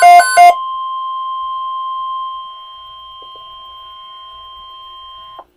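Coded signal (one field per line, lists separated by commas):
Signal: Emergency Alert System (SAME) tones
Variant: 1050 Hz attention tone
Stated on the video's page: Severe Thunderstorm Watch broadcast on NOAA Weather Radio, Baltimore transmitter at 162.400 MHz, recorded off air.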